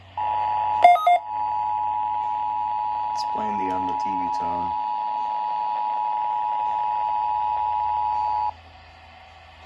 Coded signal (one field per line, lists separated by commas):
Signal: Emergency Alert System (SAME) tones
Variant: 853 and 960 Hz attention tone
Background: speech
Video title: Required weekly test EAS#189-190